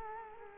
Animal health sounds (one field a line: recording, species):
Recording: mosquito wingbeat signal from an infrared sensor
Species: Culex quinquefasciatus